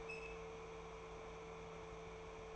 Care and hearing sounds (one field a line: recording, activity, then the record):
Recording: daily activity, microphone in the room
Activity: open fridge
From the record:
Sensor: 1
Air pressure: 1014.9 hPa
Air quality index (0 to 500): 191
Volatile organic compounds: 20 ppm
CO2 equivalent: 2702 ppm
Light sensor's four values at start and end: 12/29/12/13 and 11/28/11/13